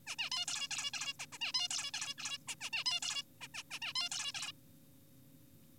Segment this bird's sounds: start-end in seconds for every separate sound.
0.07-0.16, 0.19-0.30, 0.32-0.45, 0.48-0.68, 0.71-0.91, 0.94-1.13, 1.20-1.26, 1.32-1.38, 1.41-1.52, 1.54-1.68, 1.71-1.91, 1.94-2.14, 2.18-2.38, 2.48-2.55, 2.61-2.70, 2.73-2.84, 2.86-3.00, 3.02-3.23, 3.41-3.48, 3.54-3.63, 3.71-3.79, 3.82-3.93, 3.96-4.09, 4.12-4.32, 4.34-4.52